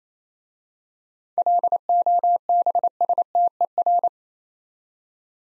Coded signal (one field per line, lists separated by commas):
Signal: Morse code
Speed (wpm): 28 wpm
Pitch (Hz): 700 Hz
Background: none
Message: LOBSTER